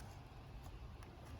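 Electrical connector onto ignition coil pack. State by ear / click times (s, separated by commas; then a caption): not seated / none. A plastic electrical connector is pushed down onto the ignition coil pack of a Chevy Cruze during a valve cover gasket replacement. A steady low rumble fills the clip, with a brief faint tick near 1.0 seconds. The connector has gone down into place, but it has not clicked yet and its lock is not yet engaged.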